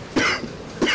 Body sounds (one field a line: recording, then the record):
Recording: coughing mixed with background sound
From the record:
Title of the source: Coughing 60